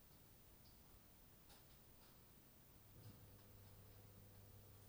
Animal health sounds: poultry house recording; no chicken sound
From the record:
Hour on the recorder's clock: 23

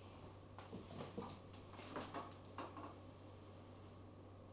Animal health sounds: poultry house recording; no chicken sound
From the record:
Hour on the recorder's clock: 16

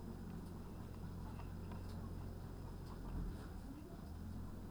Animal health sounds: poultry house recording; healthy chickens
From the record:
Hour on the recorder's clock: 14

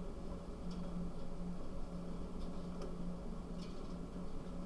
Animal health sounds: poultry house recording; no chicken sound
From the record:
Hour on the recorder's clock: 23

